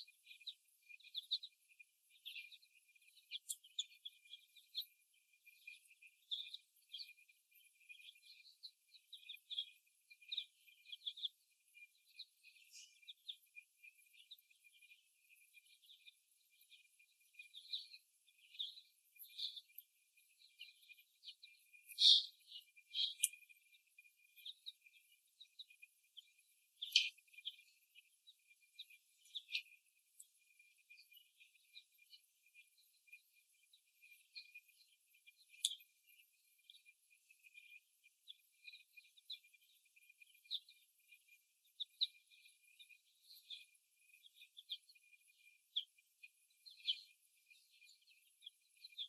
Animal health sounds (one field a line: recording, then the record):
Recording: young laying hens in a cage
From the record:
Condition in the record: after the stressor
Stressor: simulated dog barking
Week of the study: 1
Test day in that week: 1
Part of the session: 4